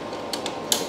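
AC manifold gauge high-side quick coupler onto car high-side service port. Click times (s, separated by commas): 0.7 s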